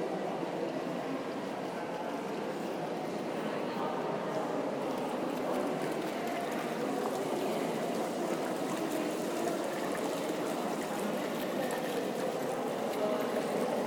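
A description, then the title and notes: Indoor ambience in a busy museum: a dense, steady murmur of many overlapping voices fills the space, blurred into a continuous wash. The level stays even throughout, with faint scattered clicks and footsteps, and no single voice standing out. Sounds at Victoria and Albert Museum (V&A) by Bougie.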